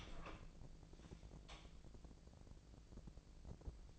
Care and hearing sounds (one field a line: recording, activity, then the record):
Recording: daily activity, microphone in the room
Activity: open door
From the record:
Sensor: 5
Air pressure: 1012.4 hPa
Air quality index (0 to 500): 161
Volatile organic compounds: 2 ppm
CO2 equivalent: 1094 ppm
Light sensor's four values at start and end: 259/630/265/290 and 264/642/269/296